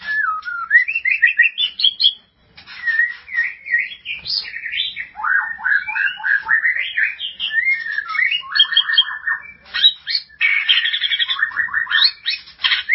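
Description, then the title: White-rumped shama song: rich, varied whistled phrases and rapid chattering trills, jumping between low and high notes with brief pauses, almost continuous throughout. "Kicau Murai Batu"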